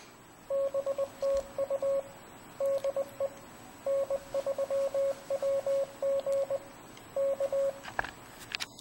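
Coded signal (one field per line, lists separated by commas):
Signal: Morse code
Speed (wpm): 20 wpm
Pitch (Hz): 550 Hz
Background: radio noise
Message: BTU DE N3WG K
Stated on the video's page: CW generated by logging software through a 4S-Link device.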